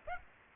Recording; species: mosquito wingbeat signal from an infrared sensor; Aedes aegypti